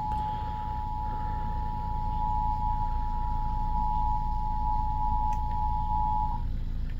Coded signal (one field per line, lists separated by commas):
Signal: Emergency Alert System (SAME) tones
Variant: 853 and 960 Hz attention tone